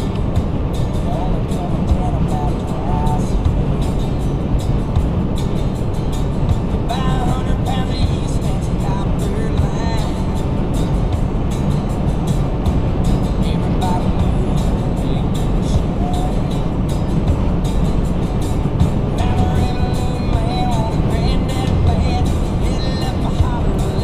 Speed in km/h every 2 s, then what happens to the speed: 150, 150, 150, 150, 151, 153, 155, 156, 156, 156, 155, 155.
0-24 steady at about 153.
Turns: none.